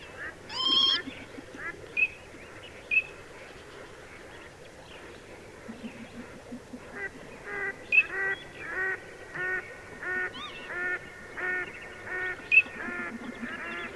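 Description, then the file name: Eurasian teal giving brief clear whistles now and then, then a run of rhythmic nasal calls in quick succession. "Alzavola"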